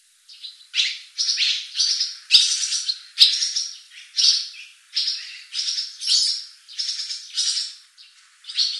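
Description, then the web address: Barn swallow calls, sharp high chirps repeated steadily, each note clear and separate. "cianscape birddata Deverinetal 2025"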